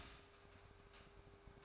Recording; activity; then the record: daily activity, microphone in the room; start toaster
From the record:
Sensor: 2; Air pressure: 1004.1 hPa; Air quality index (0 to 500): 193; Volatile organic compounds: 11 ppm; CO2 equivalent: 2309 ppm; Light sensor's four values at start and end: 4/10/4/4 and 4/10/4/4